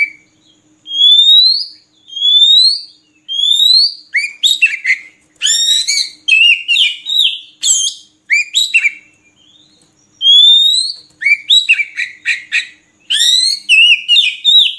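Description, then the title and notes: Oriental magpie-robin singing rising whistled notes that lead into fast bursts of varied chattering and buzzy phrases, repeated with short gaps. Long-duration filler song (isian) for training magpie-robins to sing actively day and night. "Kacer Jadi Gacor Siang Malam. Isian Kacer Durasi Panjang"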